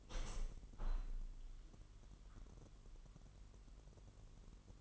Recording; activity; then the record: daily activity, microphone in the room; open window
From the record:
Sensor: 4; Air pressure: 999.4 hPa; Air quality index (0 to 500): 134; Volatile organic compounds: 3 ppm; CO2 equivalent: 1329 ppm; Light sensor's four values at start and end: 19/47/19/22 and 19/47/19/22